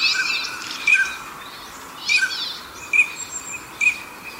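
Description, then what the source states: Northern pintail calls: brief whistled notes repeated at short intervals, paired with hoarse, wheezy bursts, over a faint steady background hiss. Recorded in the suburbs of Tokyo, Japan.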